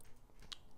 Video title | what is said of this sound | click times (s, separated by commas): Adding a Glock Backstrap (Gen 4/ Gen 5) | You heard that clicking, so that's a good sign. | 0.5 s